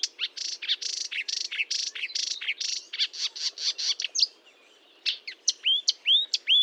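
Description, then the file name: Marsh warbler song: a rapid, varied run of buzzy and chattering notes, a brief pause, then repeated sharp whistled notes near the end. Recorded at Fontaine-Française (Fourneau), France, on 1 June 2022 at 10:55, with a Nagra recorder and Telinga microphone. "Rousserolle verderolle 1055 Fontaine-Francaise-Fourneau"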